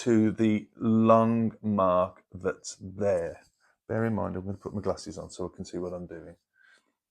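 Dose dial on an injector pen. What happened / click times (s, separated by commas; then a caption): Handled, not yet home: no seating click, only talk while the dial is being set / none. A dose dial on an injector pen is being handled on the way to the long prime mark, while someone puts on glasses to see it. Throughout the clip someone talks, and no click is heard. The dial has not yet clicked onto the prime mark.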